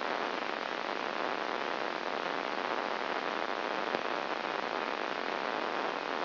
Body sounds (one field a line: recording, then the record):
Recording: brain microelectrode recording played as sound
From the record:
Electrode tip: inside the subthalamic nucleus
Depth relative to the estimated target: 0.5 mm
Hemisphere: left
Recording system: AlphaMap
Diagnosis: Parkinson's disease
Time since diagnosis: 8 years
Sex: male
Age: 59 years